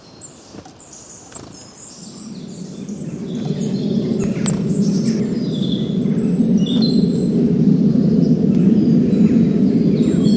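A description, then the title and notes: Birds chirp, their thin, high calls scattered across the clip, with clearer whistled phrases after about six seconds. Underneath, a low, dense rumble swells steadily from quiet to fairly loud over the first five seconds, partly covering the birds, with a few sharp clicks early on. Birds Chirping Sounds. Bird nature.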